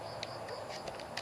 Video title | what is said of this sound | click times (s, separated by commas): รีวิวเลื่อยไฟฟ้าไร้สายราคาถูก | มีเสียงดังแก๊กนะฮะ | 0.2 s, 1.2 s